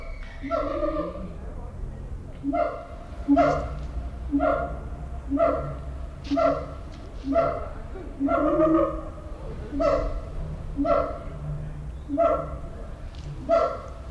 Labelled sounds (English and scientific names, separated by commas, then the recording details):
Siamang (Symphalangus syndactylus)
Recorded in captivity
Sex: male
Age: juvenile
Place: Zoo Berlin, Berlin, DE
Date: 1994-09-10 10:25
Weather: bedeckt, 14°C, böiger Wind
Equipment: Marantz CP 430, Sennheiser ME 80, Kopie Uher Variocord 263
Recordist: Tembrock, Günter